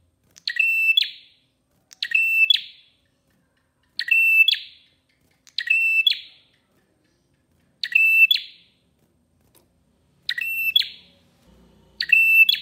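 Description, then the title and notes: Prinia singing a repeated short phrase: ticking notes, a steady whistled tone, then a brief buzz, given seven times with short pauses. Long-duration training song (masteran) for birds, intended as therapy. "Masteran Terapi Prenjak Durasi Panjang. Burung Prenjak"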